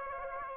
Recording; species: mosquito wingbeat signal from an infrared sensor; Aedes aegypti